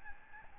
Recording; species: mosquito wingbeat signal from an infrared sensor; Aedes albopictus